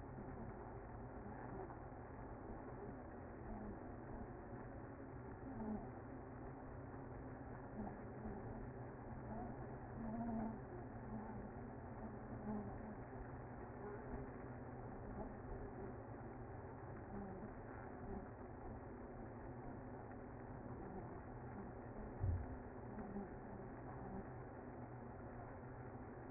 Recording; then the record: honeybee colony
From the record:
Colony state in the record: active